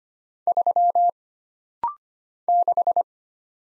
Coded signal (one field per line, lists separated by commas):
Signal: Morse code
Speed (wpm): 25 wpm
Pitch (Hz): 700 Hz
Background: none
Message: 3 6